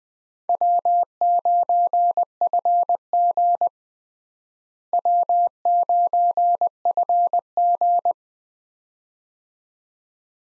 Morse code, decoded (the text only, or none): W9FG W9FG